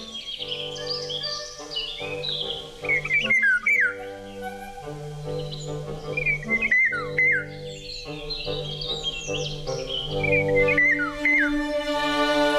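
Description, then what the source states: Eurasian golden oriole song: fluting, slurred whistled phrases repeated every few seconds, over a steady hum and other background noise. Listener recording of singing heard during a walk in the Horsterwold forest near Zeewolde, while the walkers found signs of a badger.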